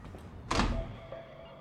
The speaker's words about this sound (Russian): Сафронов заходит в квартиру, закрывает за собой дверь.